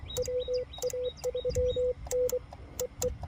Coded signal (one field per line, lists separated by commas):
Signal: Morse code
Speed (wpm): 24 wpm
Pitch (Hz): 500 Hz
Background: none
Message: WA3NEE